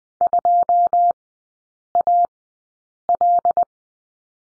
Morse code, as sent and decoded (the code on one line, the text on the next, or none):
..--- .- .-..
2AL